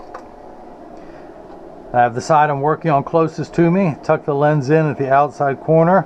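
A cut prescription Zeiss Photofusion Extra Grey lens with blue flash mirror is lined up against a plastic Oakley 8149 Pitchman R Carbon sunglass frame, with the side being worked on held closest. A single soft handling tap comes at 0.1 s, then someone talks over quiet background hum from about 2 s onward. Nothing has snapped or seated in the frame yet.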